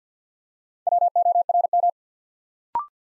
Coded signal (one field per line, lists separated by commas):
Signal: Morse code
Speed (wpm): 50 wpm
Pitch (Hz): 700 Hz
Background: none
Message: WORM